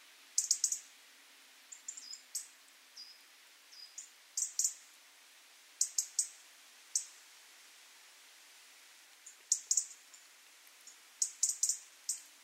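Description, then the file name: European robin calls: sharp, high ticking notes given singly or in quick clusters, repeated irregularly. "Erithacus rubecula"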